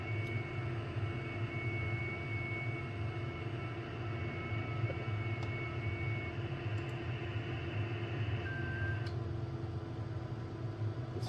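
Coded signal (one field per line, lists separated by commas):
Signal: FT8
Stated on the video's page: FT8 on 60m from an Icom IC-756 Pro.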